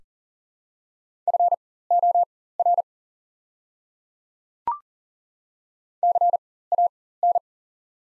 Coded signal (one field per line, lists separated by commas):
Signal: Morse code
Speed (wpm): 39 wpm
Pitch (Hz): 700 Hz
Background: none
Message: FOR CAN